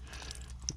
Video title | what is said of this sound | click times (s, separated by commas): Handyman Causes Massive Water Leak In Customers House - THE HANDYMAN - | Clips in and | 0.7 s